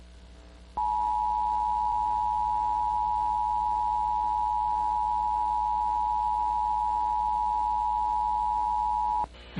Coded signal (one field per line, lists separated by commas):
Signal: Emergency Alert System (SAME) tones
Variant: 853 and 960 Hz attention tone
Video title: SIOUXLAND DERECHO | EAS Alerts from 7/5/2022 (EAS #1250-1281)